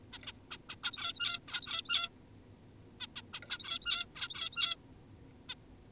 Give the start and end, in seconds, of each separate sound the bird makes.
0.13-0.18, 0.27-0.32, 0.51-0.58, 0.70-0.76, 0.84-1.40, 1.48-2.09, 3.00-3.07, 3.16-3.22, 3.34-3.40, 3.50-4.06, 4.16-4.76, 5.50-5.54